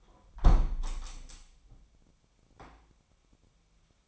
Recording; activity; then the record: daily activity, microphone in the room; close window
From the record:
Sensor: 1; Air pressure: 998.0 hPa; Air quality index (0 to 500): 120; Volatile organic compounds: 3 ppm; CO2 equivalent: 1431 ppm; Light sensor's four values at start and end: 17/56/23/23 and 17/57/23/23